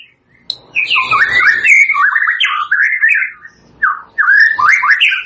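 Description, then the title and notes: White-rumped shama song: bursts of rising and falling warbled whistles in quick phrases, separated by short pauses, with a few high sharp notes. Used as a lure for bird trapping (pikat); energetic, vigorously singing (gacor) bird. "PANCINGAN MURAI BATU GACOR. pikat"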